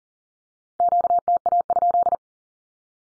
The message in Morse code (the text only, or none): QTA?